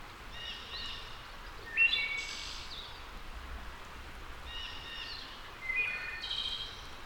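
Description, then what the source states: Wood thrush singing two full phrases about four seconds apart: quiet introductory notes, bright flutelike whistles, then a high buzzy flourish. A returning wood thrush singing.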